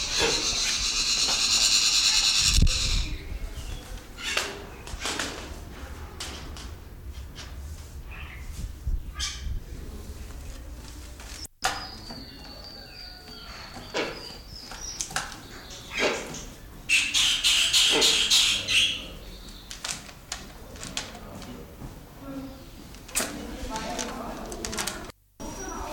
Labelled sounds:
Wreathed Hornbill (Rhyticeros undulatus)
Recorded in captivity
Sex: pair
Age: adult
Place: Zoo Berlin, Berlin, DE
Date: 1996-03-23 11:14
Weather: heiter, 4°C
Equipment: Sony WM-D6C, Sennheiser ME 80, Kopie Uher 4000 Report Monitor
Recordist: Tembrock, Günter

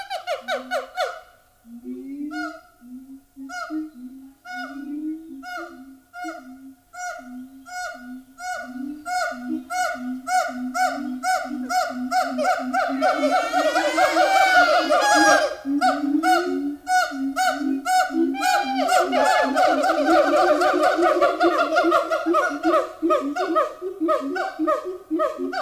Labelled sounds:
Siamang (Symphalangus syndactylus)
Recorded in captivity
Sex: group
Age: diverse
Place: Zoo Berlin, Berlin, DE
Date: 2000-09-07 14:45
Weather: heiter, 16°C
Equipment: Nagra SN, Kopie Uher 4000 Report Monitor
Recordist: Tembrock, Günter

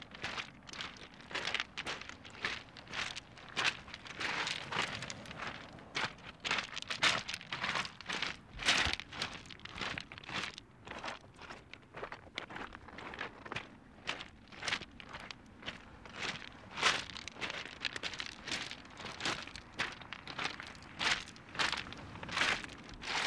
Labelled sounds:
Arctic Fox (Vulpes lagopus)
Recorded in the wild
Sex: pair
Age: adult
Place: Insel Mednyi, Kommandeur-Inseln, RU
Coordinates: 54.5167, 168.083
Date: 1999-07-24
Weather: Nebel, 500 m Sicht, 8°C
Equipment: Sony WM-D6C, Sennheiser MKH 70, Windkorb, Kopie Tascam DA 30
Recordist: Frommolt, Karl-Heinz
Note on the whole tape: Nördlich Kap Dlinnyi: "wa"-Laute von Polarfuchsfähe (Alopex lagopus) links Gelb/Orange 37 an der Höhle, Entfernung 20-30 m. Antwort des Rüden rechts Rot/Rot 40 (Uli) - Entfernung 40 m. Uli war aus südlicher Richtung gekommen. Er sitzt auf Felsen in ca. 20 m Höhe. Bewege mich anschließend Richtung Kap Dlinnyi. Uli folgt, äußert "wa"-Laute und anschließend Bellstrophen. Am Ende der Aufnahme nach der Ansage "9.26 Uhr" 2:34 min herausgeschnitten

